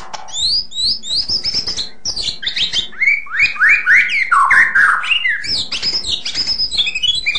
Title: kicau murai batu panjang